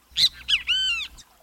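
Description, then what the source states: Great Kiskadee call of three loud syllables, two short bright notes then a drawn-out, harmonic-rich ringing note, given once against a quiet background. The call announces its name; bird perches above a stream and swoops for minnows; lives along wooded edges near water from South Texas to Argentina.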